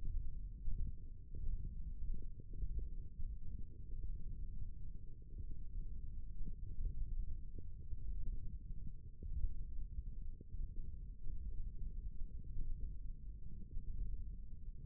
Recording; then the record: forearm muscle sounds (acoustic myography)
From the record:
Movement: finger pinch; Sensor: system 1, eight BSWA MPA416 microphones around the upper forearm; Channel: 1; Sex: male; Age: 18 years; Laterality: right